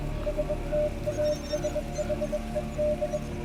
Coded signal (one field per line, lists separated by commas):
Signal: Morse code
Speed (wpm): 21 wpm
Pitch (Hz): 600 Hz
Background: music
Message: STASHED